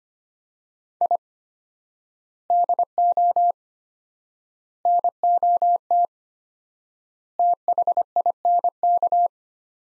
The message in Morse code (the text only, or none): I DO NOT THINK